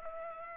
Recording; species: mosquito wingbeat signal from an infrared sensor; Culex pipiens